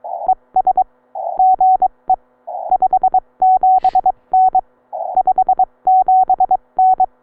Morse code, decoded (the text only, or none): ES GE 57N 57N